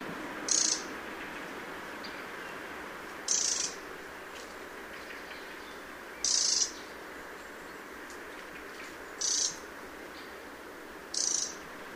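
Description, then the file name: Eurasian wren calls: short, dry, high-pitched bursts repeated about every two to three seconds, five in all, over a steady background hiss. "Troglodytes troglodytes"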